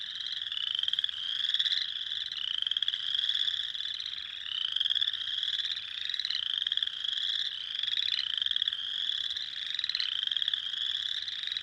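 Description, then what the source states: Spring peepers in a dense chorus, many high, clear peeps slurring upward, overlapping without pause, pulsing in waves roughly every second. Recorded on 6 April 2021.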